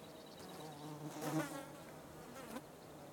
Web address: Sonniss com - GDC 2020-Game Audio Bundle Wav Junction Sound Effects - Ambience loud flies light birds crickets wind